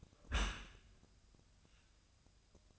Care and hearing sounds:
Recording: daily activity, microphone in the room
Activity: close dishwasher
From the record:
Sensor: 2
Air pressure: 1004.6 hPa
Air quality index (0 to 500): 104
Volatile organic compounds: 2 ppm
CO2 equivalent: 1257 ppm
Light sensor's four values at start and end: 6/15/6/6 and 6/15/6/6

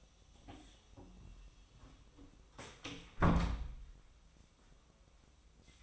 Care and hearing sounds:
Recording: daily activity, microphone in the room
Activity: close door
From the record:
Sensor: 1

